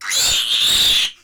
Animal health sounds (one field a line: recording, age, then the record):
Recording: pig call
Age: piglet (1 to 25 days)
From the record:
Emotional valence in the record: negative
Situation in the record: castration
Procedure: castration, cut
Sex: male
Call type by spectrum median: high-frequency call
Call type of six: high-frequency modulated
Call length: 1.24 s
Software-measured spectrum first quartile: 3389 Hz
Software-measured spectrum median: 4101 Hz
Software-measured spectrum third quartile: 6797 Hz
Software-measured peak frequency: 3660 Hz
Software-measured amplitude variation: 90 dB a second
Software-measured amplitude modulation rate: 21.8 a second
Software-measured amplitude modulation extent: 4.1 dB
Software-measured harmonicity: 4.5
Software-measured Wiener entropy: -2.26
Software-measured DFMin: 1011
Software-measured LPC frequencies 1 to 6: 1826, 3604, 7218, 10290, 11044, 13453 Hz